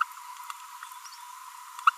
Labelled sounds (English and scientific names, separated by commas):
Green-rumped Parrotlet (Forpus passerinus) babbling